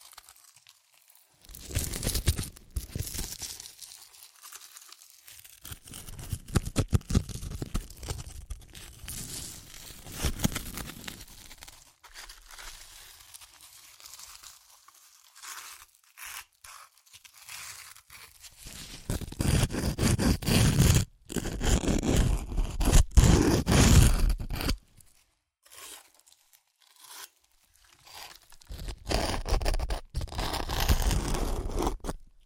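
Crunchy chips are crushed and eaten in uneven bursts of dense crackling, with short pauses between them. Rustling, crinkling and scraping textures run through most bursts. The loudest, longest stretches of crunching come around 19 to 25 seconds and again near 29 to 32 seconds.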